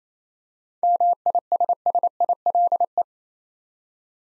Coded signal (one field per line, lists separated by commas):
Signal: Morse code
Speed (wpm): 27 wpm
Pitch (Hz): 700 Hz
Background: none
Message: MISSILE